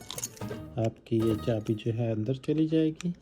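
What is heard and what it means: After the coin battery in a car remote key fob is replaced, the two plastic halves of the fob case are pressed together over the battery and snap shut with a sharp click at 0.1 s, followed by a few quieter clicks. Someone then talks while music plays, and the case is seated closed.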